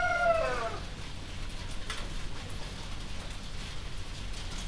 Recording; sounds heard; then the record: poultry house recording; healthy chickens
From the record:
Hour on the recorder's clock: 1